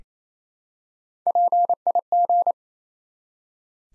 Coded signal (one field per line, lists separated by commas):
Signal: Morse code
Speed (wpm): 27 wpm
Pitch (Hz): 700 Hz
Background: none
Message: PIG